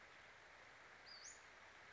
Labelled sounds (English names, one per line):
Western Flycatcher